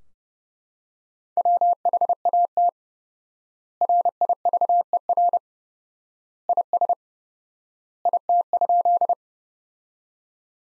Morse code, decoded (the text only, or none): WHAT RIVER IS IT?